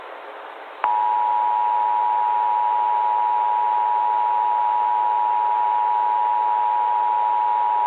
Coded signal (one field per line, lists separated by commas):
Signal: Emergency Alert System (SAME) tones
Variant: 853 and 960 Hz attention tone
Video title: EAS Scenario (ANALOG HORROR) - The Wrath Of Black Doom (4:3 Edition)